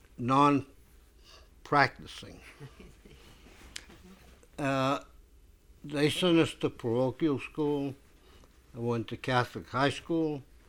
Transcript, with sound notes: Non-practicing.
I see. ( she laughs )
Uh, they sent us to parochial school, I went to Catholic high school.